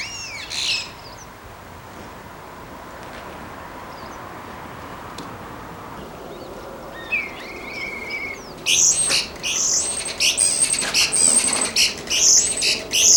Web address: canto dello storno